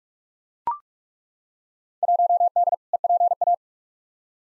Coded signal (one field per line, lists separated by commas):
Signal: Morse code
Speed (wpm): 42 wpm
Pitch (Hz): 700 Hz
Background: none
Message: 1D EPA